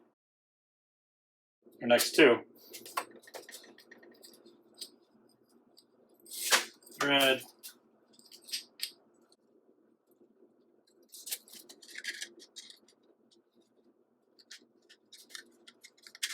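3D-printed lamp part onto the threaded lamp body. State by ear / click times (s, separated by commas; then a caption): not seated / none. During a touch lamp kit build, a 3D-printed plastic lamp part is handled and fitted onto the threaded lamp body while someone talks. Small scattered taps and rustles are heard between the speech. Nothing has snapped into place or seated yet.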